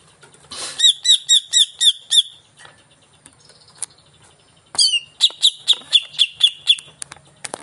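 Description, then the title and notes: Greater green leafbird song: two bursts of loud, rapid, evenly repeated bright whistled notes, about four per second, separated by quieter thin chatter and clicks. Song of a vigorously singing (gacor) cucak ijo, played as a lure (pancingan) to get a caged bird to sing when hung up (gantang). "Pancingan CUCAK IJO Mau Di Gantang. Cucak Ijo Gacor"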